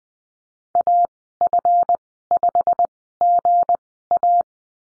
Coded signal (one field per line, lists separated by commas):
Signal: Morse code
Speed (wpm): 20 wpm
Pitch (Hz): 700 Hz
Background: none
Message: AF5GA